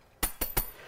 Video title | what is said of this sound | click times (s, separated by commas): The Craft Store UK Live on YouTube! | and you basically click it back in | 0.4 s